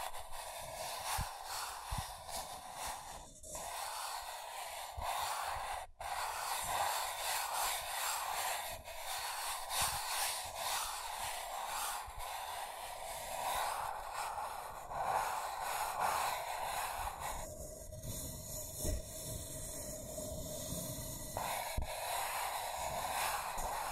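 Scratching and tracing: a dense, continuous rasping hiss of a hard point dragged across a surface, with a band of brighter scraping running steadily throughout. Short pauses and sharp breaks come around 3 and 6 seconds, and the stroke changes character briefly near 17–21 seconds.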